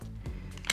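A matte black Sudio Ett true wireless ANC earbud is dropped into its slot in the charging case and pulled in, with a low steady hum and a couple of faint light ticks underneath. It snaps into place with a sharp, loud click at 0.7 s, seated in the case.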